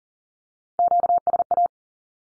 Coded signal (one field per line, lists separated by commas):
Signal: Morse code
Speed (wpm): 40 wpm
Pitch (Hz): 700 Hz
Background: none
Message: QSA